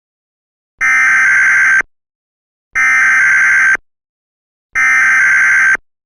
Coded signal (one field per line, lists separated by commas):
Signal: Emergency Alert System (SAME) tones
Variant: header bursts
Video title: EAS Scenario: Fear The Wind and Spores - October Says Goodbye Part: 1